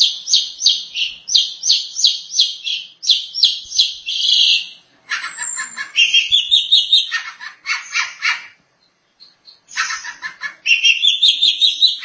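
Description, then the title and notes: Long-tailed Shrike song opening with rapid repeated scratchy notes, then varied warbled phrases with rising slurred whistles, separated by short silences. "Pentet 201703. Suara burung pentet"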